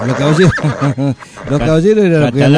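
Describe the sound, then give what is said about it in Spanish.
A loud horse whinny in several bursts, its pitch wobbling up and down in shaky waves before a longer trembling neigh that trails off, with no talking over it. “Le enseñó a pintar a un hermoso caballo llamado Napoleón.”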